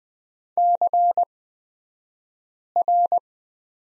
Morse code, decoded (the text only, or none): CR